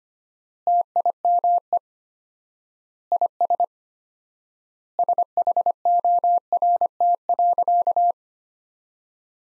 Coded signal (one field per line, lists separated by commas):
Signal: Morse code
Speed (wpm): 25 wpm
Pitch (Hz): 700 Hz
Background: none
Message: TIME IS SHORT.